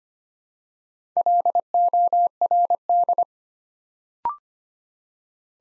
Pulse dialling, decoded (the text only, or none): none